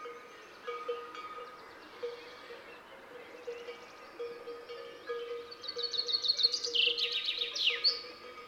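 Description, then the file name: Common chaffinch song: after several seconds of background noise with a steady tone, a series of sharp notes ends in a brief flourish. "Fringilla coelebs"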